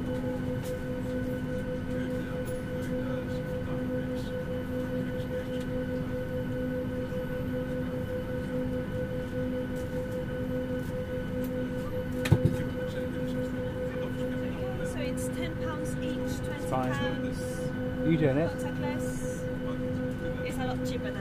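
Inside an airliner cabin on a flight to Skiathos, a steady low engine drone with a constant hum holds throughout. A sharp click lands around twelve seconds, and faint voices murmur briefly near seventeen and eighteen seconds over the unchanging roar.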